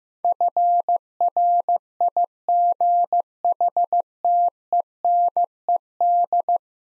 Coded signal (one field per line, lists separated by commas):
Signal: Morse code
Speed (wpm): 16 wpm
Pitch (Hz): 700 Hz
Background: none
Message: FRIGHTENED